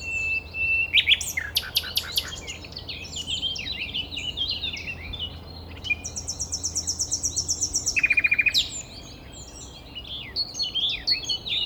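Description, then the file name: Common nightingale singing varied phrases: a pure whistle, sharp chacking bursts, a fast high trill, then a repeated rattling series. "Luscinia megarhynchos"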